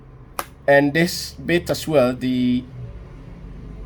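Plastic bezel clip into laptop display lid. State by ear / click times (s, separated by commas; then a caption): seated / 0.4 s. A plastic front bezel clip on an HP Compaq 15-h051nf laptop display lid is aligned on the screen and pressed, giving a sharp click at 0.4 s as it snaps over into place. Someone talks afterward. The bezel clip is seated.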